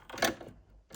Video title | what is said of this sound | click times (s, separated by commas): Brother SH40 | Press foot razor. Hear the click. That's it. Okay. | 0.2 s